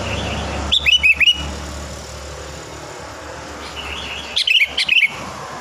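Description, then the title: Sooty-headed bulbul singing two short phrases of four clear, dipping whistles, roughly three and a half seconds apart, with an idling engine rumbling underneath. "Kutilang"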